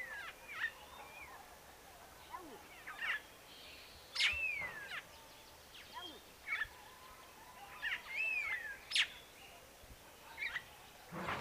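Neumann's starling calls: bursts of sharp notes and two slurred arching whistles, repeated every few seconds against steady hiss.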